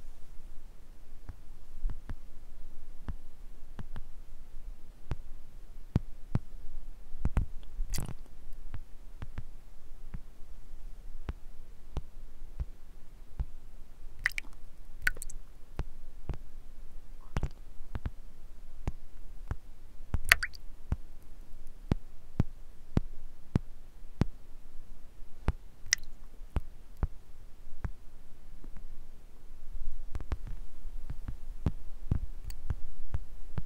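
Water drops fall and spray hisses in irregular bursts, a steady patter of small sharp ticks running all the way through. A few louder, brighter splashes stand out around 8, 14–15, 20 and 26 seconds over a constant low rumble.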